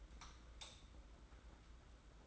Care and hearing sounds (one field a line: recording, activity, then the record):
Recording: daily activity, microphone in the room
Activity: light off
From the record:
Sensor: 3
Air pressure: 991.9 hPa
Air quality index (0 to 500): 222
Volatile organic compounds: 1000 ppm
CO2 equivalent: 7601 ppm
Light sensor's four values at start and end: 18/45/18/17 and 16/39/15/14